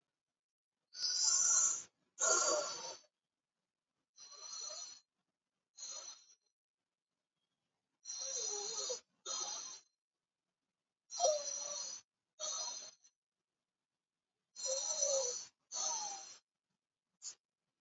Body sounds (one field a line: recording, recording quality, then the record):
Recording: deep breathing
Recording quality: excellent, no background noise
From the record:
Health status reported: COVID-19 positive, mild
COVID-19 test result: positive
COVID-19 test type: RT-PCR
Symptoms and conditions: cough, sore throat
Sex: female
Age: 24 years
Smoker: no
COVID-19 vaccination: both doses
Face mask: not worn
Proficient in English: yes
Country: India